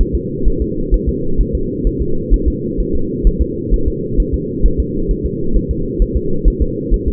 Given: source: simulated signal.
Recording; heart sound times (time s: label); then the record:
fetal heart sounds
0.01 s: S1
0.15 s: S2
0.48 s: S1
0.62 s: S2
0.94 s: S1
1.09 s: S2
1.41 s: S1
1.55 s: S2
1.87 s: S1
2.02 s: S2
2.34 s: S1
2.48 s: S2
2.80 s: S1
2.95 s: S2
3.27 s: S1
3.42 s: S2
3.74 s: S1
3.88 s: S2
4.20 s: S1
4.34 s: S2
4.66 s: S1
4.80 s: S2
5.11 s: S1
5.26 s: S2
5.57 s: S1
5.71 s: S2
6.02 s: S1
6.16 s: S2
6.48 s: S1
6.62 s: S2
6.94 s: S1
7.08 s: S2
From the record:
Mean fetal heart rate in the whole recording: 130 bpm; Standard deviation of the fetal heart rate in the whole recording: 2 bpm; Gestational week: 36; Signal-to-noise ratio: -8.1 dB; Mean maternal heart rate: 72 bpm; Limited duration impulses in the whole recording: absent